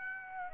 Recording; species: mosquito wingbeat signal from an infrared sensor; Aedes aegypti